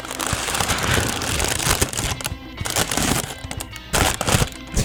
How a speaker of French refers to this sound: On entend le papier, la subtilité du papier, comment t'appelles ça? Parchemin. Oui. Fais-nous entendre le papier parchemin.